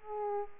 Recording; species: mosquito wingbeat signal from an infrared sensor; Aedes aegypti